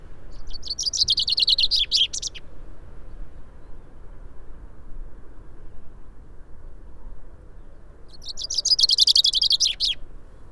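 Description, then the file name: Common chaffinch song: two bright, rattling phrases of quick high notes that tumble downward and end in a flourish, several seconds apart, over low steady background noise. "Fringilla coelebs"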